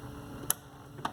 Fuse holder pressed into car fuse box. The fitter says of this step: Okay, perfect. You hear that click, and that fuse box will need to be installed on the mount there, so you need to push it down,